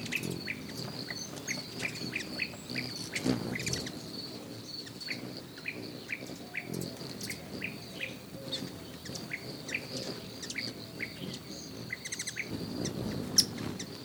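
Bird calls, a series of short rising notes given in quick groups, over a steady high insect drone.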